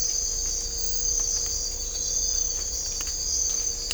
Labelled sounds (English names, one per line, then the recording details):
none
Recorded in dense forest near Puerto Asís, Putumayo, Colombia, on 18 December 2024 at 03:30
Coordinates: 0.500, -76.322
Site G053